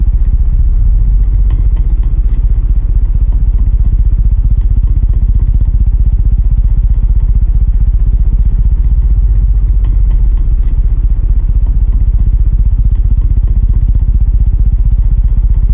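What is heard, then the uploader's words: A revolving, engine-like rumble runs steadily for the whole stretch, heavy in the low end with little above the mid range. Fine rapid pulsing and faint clattering ticks ride on top, with slightly stronger knocks near 1.5, 2.5 and 10 seconds. This version mixes a range of revolving sounds that I find evocative of moving around an axis. Created and designed by Jim Dawson.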